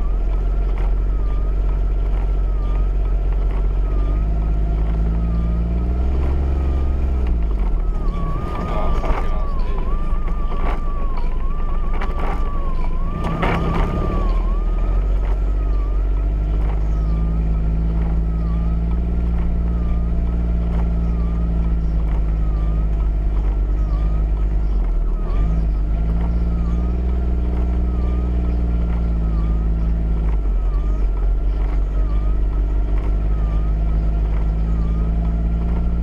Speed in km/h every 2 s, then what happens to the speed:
5, 3, 6, 5, 2, 2, 3, 5, 5, 8, 10, 8, 6, 8, 8, 6, 6, 8.
0-8 steady at about 5. 8-11 standing. 11-18 pulls away to 8. 18-36 steady at about 8.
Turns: none.